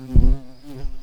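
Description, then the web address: Garden bumblebee giving a short, low humming buzz, a brief loud burst followed by a softer drone. Queen garden bumblebees. "bumblebees Hortorum-queens"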